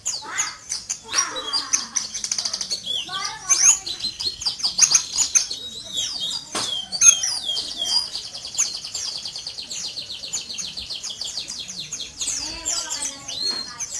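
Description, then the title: White-eye song: a dense, continuous run of high, thin chirps and fast twitters with rapid sharp clicks and brief pauses throughout. Recorded in Malang, East Java. "Pleci Mr. Kebo Malang - Jawa Timur"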